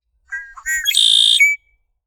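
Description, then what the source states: Blackbird song: a few short, clear whistled notes, then a loud, buzzy trill of about half a second, ending in a thin whistle. Wetland.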